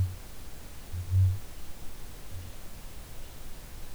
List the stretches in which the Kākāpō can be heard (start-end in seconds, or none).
0.00-1.81, 2.23-2.59